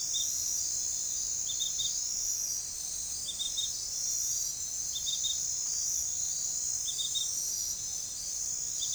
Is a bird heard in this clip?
no